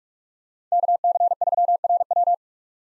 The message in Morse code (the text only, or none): KC3RW